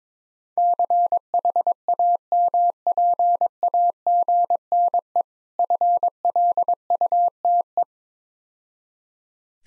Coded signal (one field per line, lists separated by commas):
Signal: Morse code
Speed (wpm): 22 wpm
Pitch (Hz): 700 Hz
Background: none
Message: CHAMPAGNE FLUTE